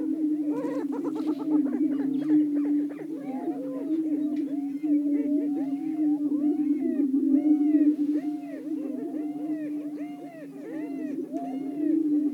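Greater prairie-chickens in chorus: constant low booming hum beneath rapid arched cackles and whooping notes, several birds calling at once, a harsh burst at the start.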